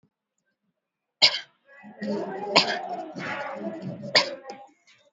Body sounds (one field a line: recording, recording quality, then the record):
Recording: shallow voluntary cough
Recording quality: excellent, no background noise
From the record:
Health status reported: COVID-19 positive, no symptoms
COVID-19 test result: positive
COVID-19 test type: RT-PCR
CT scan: not taken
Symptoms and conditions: cold, sore throat, fatigue, loss of smell and taste, diarrhoea, another condition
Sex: female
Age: 37 years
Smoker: no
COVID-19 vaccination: one dose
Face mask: worn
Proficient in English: yes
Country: India